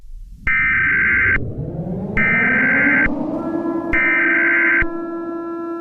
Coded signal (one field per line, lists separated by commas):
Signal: Emergency Alert System (SAME) tones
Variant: header bursts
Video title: EAS Scenario Alien Invasion